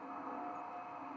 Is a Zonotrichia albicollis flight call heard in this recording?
no